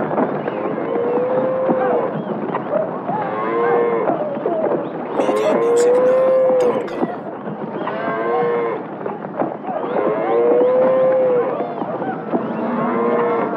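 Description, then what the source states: Cattle mooing repeatedly, drawn-out calls over a dense background of movement noise. Cattle stampede.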